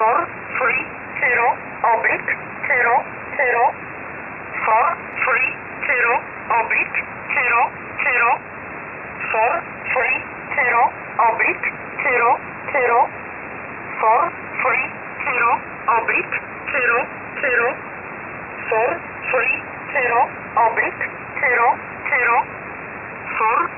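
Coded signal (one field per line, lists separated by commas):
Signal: numbers station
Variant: E11 Oblique, English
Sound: a voice reading short, evenly spaced words, probably numbers, over a shortwave radio channel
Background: radio static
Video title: 23 12 2021 Number station E11 Oblique in English to Eu 0820 on 5149 unknown tx site in USB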